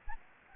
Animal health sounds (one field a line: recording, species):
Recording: mosquito wingbeat signal from an infrared sensor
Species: Anopheles gambiae